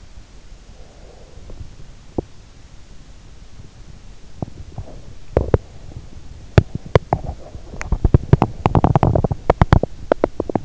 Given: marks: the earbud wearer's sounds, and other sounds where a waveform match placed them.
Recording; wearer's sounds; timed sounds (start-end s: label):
sounds in sleep by an in-ear microphone; breath, teeth grinding
0.00-1.82 s: breath
2.08-10.65 s: teeth grinding